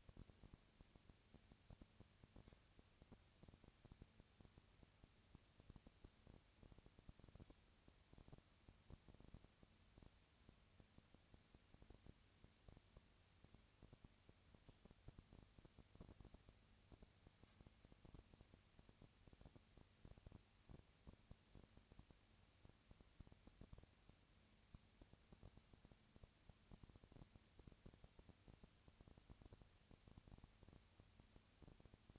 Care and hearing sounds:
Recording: daily activity, microphone in the room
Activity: no activity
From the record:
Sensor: 2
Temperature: 20.1 degrees Celsius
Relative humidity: 35.5%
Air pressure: 996.8 hPa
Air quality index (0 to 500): 197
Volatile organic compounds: 30 ppm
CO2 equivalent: 2953 ppm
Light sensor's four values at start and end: 2/3/2/2 and 2/3/2/2

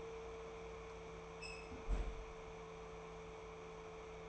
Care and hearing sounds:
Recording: daily activity, microphone in the room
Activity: close fridge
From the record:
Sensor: 1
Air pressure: 1014.9 hPa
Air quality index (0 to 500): 192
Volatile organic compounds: 21 ppm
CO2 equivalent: 2722 ppm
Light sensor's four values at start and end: 11/26/10/12 and 11/26/11/12

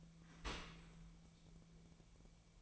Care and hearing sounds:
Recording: daily activity, microphone in the room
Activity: open dishwasher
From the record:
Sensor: 1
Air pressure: 1000.5 hPa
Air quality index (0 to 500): 183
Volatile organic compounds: 4 ppm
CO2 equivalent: 1681 ppm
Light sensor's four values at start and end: 10/26/10/12 and 10/26/10/12

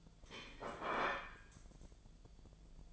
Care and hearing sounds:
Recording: daily activity, microphone in the room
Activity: place plate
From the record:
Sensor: 5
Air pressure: 1009.5 hPa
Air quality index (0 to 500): 168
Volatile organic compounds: 4 ppm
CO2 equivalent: 1628 ppm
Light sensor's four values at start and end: 96/255/103/109 and 95/254/103/109

